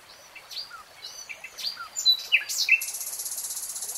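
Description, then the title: Nightingale song: scattered varied whistles and chips, building into a couple of loud notes and ending in a fast, high, buzzy trill. Singing in real time. "[Tiếng chim hót] 3 Hours REALTIME Nightingale Singing"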